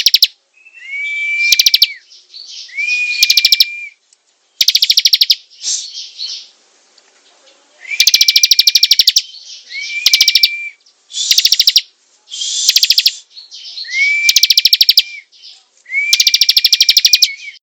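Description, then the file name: Prinia singing loud rattling strings of high chirps, each burst lasting about a second, interleaved with steady drawn-out whistles and brief pauses. Singing vigorously, described by the local term gacor. "prenjak gacor"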